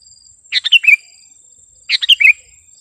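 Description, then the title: Sooty-headed bulbul song: two quick, chirpy phrases of four descending notes, about one and a half seconds apart, with a faint high whine behind. "kutilang"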